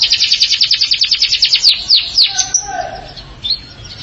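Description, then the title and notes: Canary song: a rapid series of high chirped notes repeated several times a second, slowing into drawn-out downslurred whistles, then soft fainter notes. "BM Suara Kenari. BM Suara Burung Kenari"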